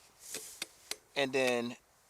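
A seat back recline latch on a folding stadium seat frame is handled while its metal latches are held down, with sharp clicks at about 0.6 s and 0.9 s. Someone talks at the end. The seat back has not yet locked into a recline position.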